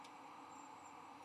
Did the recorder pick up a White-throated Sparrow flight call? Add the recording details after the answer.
no. No flight call is heard. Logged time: 04:08 on 20 November 2014